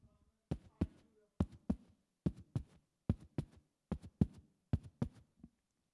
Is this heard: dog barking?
no